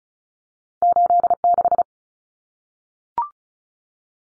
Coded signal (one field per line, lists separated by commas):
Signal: Morse code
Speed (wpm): 34 wpm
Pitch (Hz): 700 Hz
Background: none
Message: 86